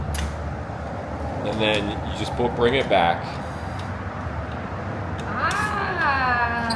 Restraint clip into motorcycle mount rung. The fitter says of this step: Yep. You're going to click it in there. Just push it in firmly.